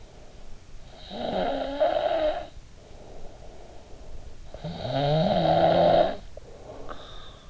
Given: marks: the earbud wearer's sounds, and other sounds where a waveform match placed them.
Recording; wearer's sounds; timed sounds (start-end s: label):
sounds in sleep by an in-ear microphone; snoring breath
0.73-4.27 s: snoring breath
4.44-7.50 s: snoring breath